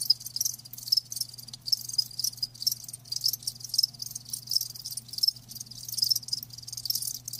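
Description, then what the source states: Crickets in an insistent chorus of high, rapidly pulsed chirps in steady overlapping bursts throughout, over a faint low hum. Live crickets chirping.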